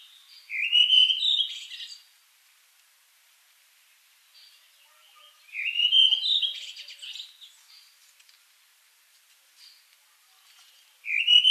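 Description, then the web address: Thrush singing loud fluty phrases, repeated roughly every five seconds. "Голоса птиц Дрозд"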